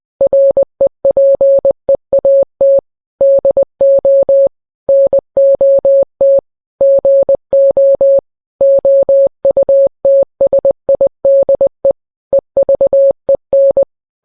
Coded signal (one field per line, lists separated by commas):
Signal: Morse code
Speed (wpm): 20 wpm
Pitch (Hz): 550 Hz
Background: none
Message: REPEAT DO NOT GO OUTSIDE EVEN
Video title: EAS alert(read disc for context) morse code